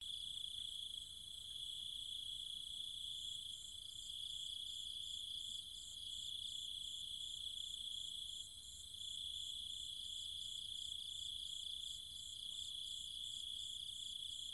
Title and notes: Cicada countryside, Thailand. Nighttime sounds of the cicadas and insects in the trees and fields, Chiang Mai, Thailand